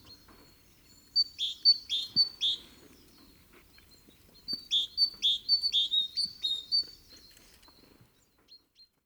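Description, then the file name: Great tit giving crisp, repeated two-note calls, a short run followed by a longer series of several evenly spaced notes, then quiet. "Parus major"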